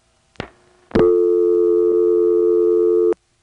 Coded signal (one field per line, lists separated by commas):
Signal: telephone call progress tone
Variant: North America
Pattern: dial tone